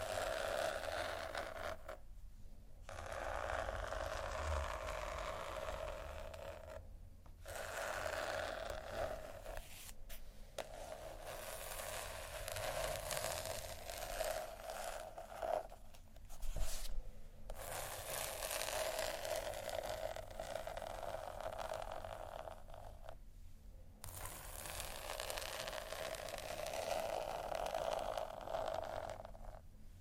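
ASMR textures: a dense, continuous scratching and rubbing with a bright, hissy edge, as if something rough is being dragged over a surface. Brief pauses break the stroking every few seconds, near 2, 7, 10, 16 and 23 seconds, before the scraping resumes.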